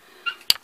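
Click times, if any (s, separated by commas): 0.5 s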